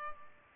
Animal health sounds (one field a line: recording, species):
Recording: mosquito wingbeat signal from an infrared sensor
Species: Culex pipiens